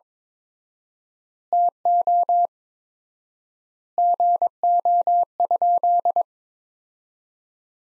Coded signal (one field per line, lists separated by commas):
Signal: Morse code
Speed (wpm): 21 wpm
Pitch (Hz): 700 Hz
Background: none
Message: TO GO?